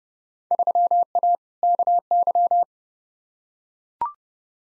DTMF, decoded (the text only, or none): none